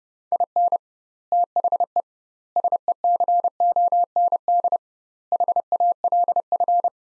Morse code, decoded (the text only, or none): IN THE SECOND HALF